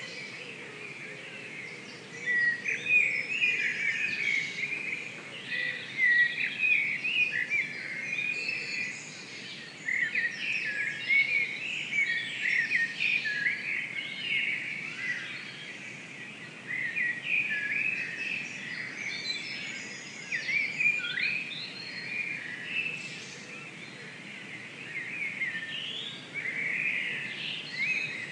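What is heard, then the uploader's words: A dawn chorus of many birds singing at once, dense overlapping chirps and trills in a bright middle-high range, with louder bursts coming and going every few seconds. A soft steady outdoor hiss and faint low hum sit underneath throughout. Stroud dawn chorus. Just pure bird sound. Dawn chorus in Stroud recorded by Mike Bingham.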